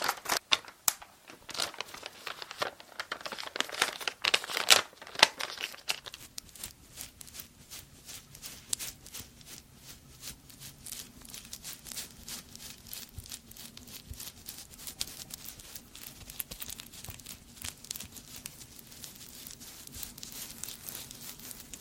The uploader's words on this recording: Doing Your Night Skincare Fast & Aggressive (layered sound, tapping, hair brushing, no talking).